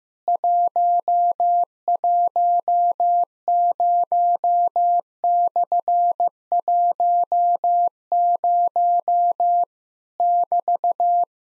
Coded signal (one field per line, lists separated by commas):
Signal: Morse code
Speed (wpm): 15 wpm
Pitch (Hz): 700 Hz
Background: none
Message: 110/10 <BT>